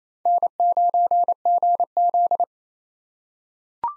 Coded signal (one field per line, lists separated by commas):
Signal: Morse code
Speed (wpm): 29 wpm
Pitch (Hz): 700 Hz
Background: none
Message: N9GZ